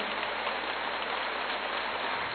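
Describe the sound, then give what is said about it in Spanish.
A crowd of worshippers gives an applause to the King of Kings, clapping steadily and loudly in a dense, continuous patter of many hands that fills the whole moment with no voices on top. “Den ese aplauso al Rey de Reyes.”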